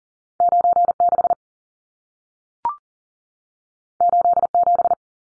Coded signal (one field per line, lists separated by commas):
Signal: Morse code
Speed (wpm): 40 wpm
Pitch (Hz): 700 Hz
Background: none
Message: 96 87